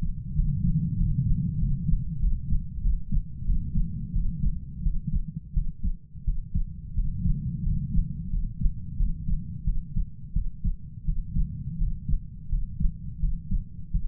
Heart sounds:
heart sounds by stethoscope; 88 bpm
0.35 s: heartbeat
0.97 s: heartbeat
1.58 s: heartbeat
2.20 s: heartbeat
2.81 s: heartbeat
3.45 s: heartbeat
4.13 s: heartbeat
4.83 s: heartbeat
5.53 s: heartbeat
6.24 s: heartbeat
6.94 s: heartbeat
7.63 s: heartbeat
8.30 s: heartbeat
8.97 s: heartbeat
9.64 s: heartbeat
10.33 s: heartbeat
11.05 s: heartbeat
11.78 s: heartbeat
12.49 s: heartbeat
13.20 s: heartbeat
13.91 s: heartbeat
From the record:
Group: healthy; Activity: rest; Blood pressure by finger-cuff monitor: 100/65 mmHg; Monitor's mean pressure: 78 mmHg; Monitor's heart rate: 87 bpm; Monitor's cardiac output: 7.3 L/min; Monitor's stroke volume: 83 mL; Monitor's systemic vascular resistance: 780 dyn s/cm5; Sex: male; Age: 33 years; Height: 179 cm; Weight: 80.4 kg

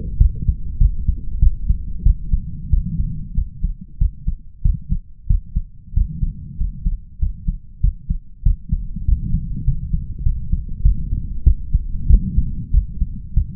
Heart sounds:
heart sounds by stethoscope; 96 bpm
0.17 s: heartbeat
0.77 s: heartbeat
1.39 s: heartbeat
2.02 s: heartbeat
2.69 s: heartbeat
3.34 s: heartbeat
3.97 s: heartbeat
4.61 s: heartbeat
5.26 s: heartbeat
5.93 s: heartbeat
6.56 s: heartbeat
7.18 s: heartbeat
7.80 s: heartbeat
8.42 s: heartbeat
9.04 s: heartbeat
9.64 s: heartbeat
10.23 s: heartbeat
10.82 s: heartbeat
11.43 s: heartbeat
12.07 s: heartbeat
12.70 s: heartbeat
13.33 s: heartbeat
From the record:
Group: healthy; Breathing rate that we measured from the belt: 19 breaths a minute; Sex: male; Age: 21 years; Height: 180 cm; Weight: 67.5 kg

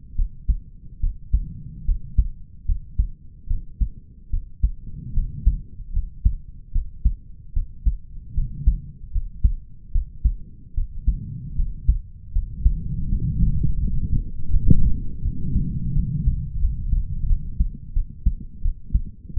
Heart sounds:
heart sounds by stethoscope; 78 bpm
0.15 s: heartbeat
1.00 s: heartbeat
1.85 s: heartbeat
2.65 s: heartbeat
3.47 s: heartbeat
4.30 s: heartbeat
5.13 s: heartbeat
5.92 s: heartbeat
6.72 s: heartbeat
7.53 s: heartbeat
8.34 s: heartbeat
9.11 s: heartbeat
9.91 s: heartbeat
10.74 s: heartbeat
11.55 s: heartbeat
12.32 s: heartbeat
13.08 s: heartbeat
13.78 s: heartbeat
14.50 s: heartbeat
15.21 s: heartbeat
15.93 s: heartbeat
16.59 s: heartbeat
17.27 s: heartbeat
17.93 s: heartbeat
18.62 s: heartbeat
19.34 s: heartbeat
From the record:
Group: healthy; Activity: rest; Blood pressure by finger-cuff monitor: 90/68 mmHg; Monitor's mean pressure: 72 mmHg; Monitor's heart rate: 76 bpm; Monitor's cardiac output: 5.2 L/min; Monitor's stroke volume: 71 mL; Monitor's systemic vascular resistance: 980 dyn s/cm5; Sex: male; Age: 20 years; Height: 187 cm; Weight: 68.9 kg

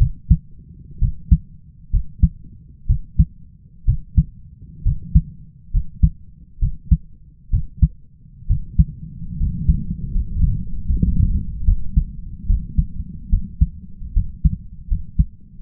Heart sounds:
heart sounds by stethoscope; 70 bpm
0.99 s: heartbeat
1.91 s: heartbeat
2.87 s: heartbeat
3.85 s: heartbeat
4.83 s: heartbeat
5.71 s: heartbeat
6.60 s: heartbeat
7.51 s: heartbeat
8.47 s: heartbeat
9.37 s: heartbeat
10.12 s: heartbeat
10.87 s: heartbeat
11.65 s: heartbeat
12.47 s: heartbeat
13.30 s: heartbeat
14.14 s: heartbeat
14.88 s: heartbeat
15.60 s: heartbeat
From the record:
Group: healthy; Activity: rest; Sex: male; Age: 20 years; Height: 167 cm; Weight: 61 kg

